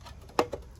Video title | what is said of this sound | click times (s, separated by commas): Nerf Vulcan EBF-25 review- chain-fed automatic springer?!? | clicks into place right there. | 0.4 s